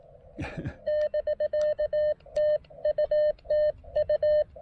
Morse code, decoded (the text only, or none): <BK> TU TU